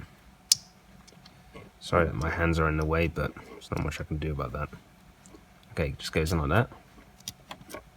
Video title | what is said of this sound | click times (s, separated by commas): Mercedes-Benz C-Class W204 Audio 20 - Backup Camera Installation | we go and it just slots in and the way you know that it's connected properties that it has a very faint sort of click sound but once it clicks in you see you can't just pull it out | 7.3 s